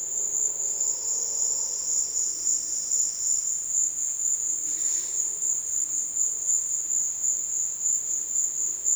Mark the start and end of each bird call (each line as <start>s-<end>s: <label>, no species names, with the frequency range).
4.62s-5.30s: bird call (1.1-6.6 kHz)